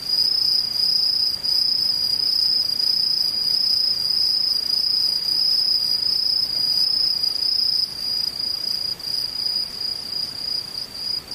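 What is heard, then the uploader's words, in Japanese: A dense chorus of insects, crickets by the sound of it, trills without pause in a high, thin, steady ring, like a shower of insect song. A second, slightly higher layer pulses underneath. The whole chorus eases a little softer after about eight seconds. ムシ雨。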